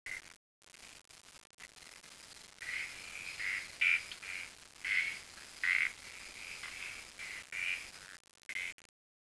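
Frog calling in short bursts, several spread unevenly over several seconds, over steady background noise.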